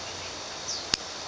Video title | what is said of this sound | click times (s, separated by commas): Showing of my cheapest and most expensive EDC pocket knife | It has a very nice click too. | 0.9 s